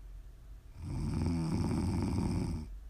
Prime ASMR snoring.